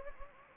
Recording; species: mosquito wingbeat signal from an infrared sensor; Anopheles gambiae